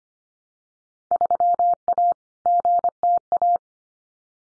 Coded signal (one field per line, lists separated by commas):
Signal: Morse code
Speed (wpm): 25 wpm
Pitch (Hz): 700 Hz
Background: none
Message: 3A GTA